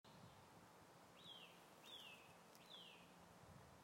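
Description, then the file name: Eurasian nuthatch calls, three clear downslurred whistled notes spaced about three-quarters of a second apart, over steady background hiss and rustle. "Sitta europaea"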